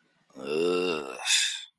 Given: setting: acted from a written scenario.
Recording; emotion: vocal sound without words; shame